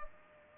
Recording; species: mosquito wingbeat signal from an infrared sensor; Culex pipiens